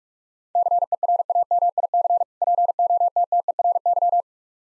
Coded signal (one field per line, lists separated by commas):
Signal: Morse code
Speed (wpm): 45 wpm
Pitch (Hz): 700 Hz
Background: none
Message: CERAMIC POTTERY